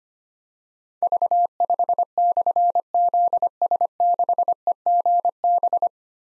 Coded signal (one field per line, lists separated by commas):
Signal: Morse code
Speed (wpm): 25 wpm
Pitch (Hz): 700 Hz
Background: none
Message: V5/ZS6EGB